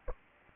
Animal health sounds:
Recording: mosquito wingbeat signal from an infrared sensor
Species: Aedes albopictus

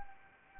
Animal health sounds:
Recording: mosquito wingbeat signal from an infrared sensor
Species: Anopheles arabiensis

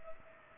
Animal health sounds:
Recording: mosquito wingbeat signal from an infrared sensor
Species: Culex pipiens

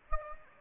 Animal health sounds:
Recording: mosquito wingbeat signal from an infrared sensor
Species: Anopheles gambiae

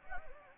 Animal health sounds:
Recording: mosquito wingbeat signal from an infrared sensor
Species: Anopheles gambiae

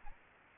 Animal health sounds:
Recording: mosquito wingbeat signal from an infrared sensor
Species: Aedes albopictus

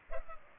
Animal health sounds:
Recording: mosquito wingbeat signal from an infrared sensor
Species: Culex pipiens

